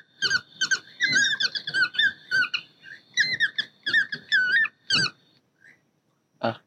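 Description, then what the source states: Yellow-throated Toucan giving many repeated yelping calls in close clusters, then a short quiet gap and a brief burst. Played back on a phone as an example of the searched-for species; its calls are likened to a group of quarrelling gulls.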